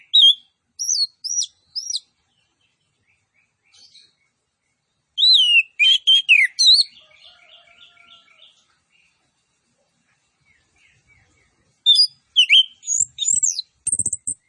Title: Anis Kembang Gacor 15. MASTERAN ANIS KEMBANG ISIAN FULL DENGAN TEMBAKAN CILILIN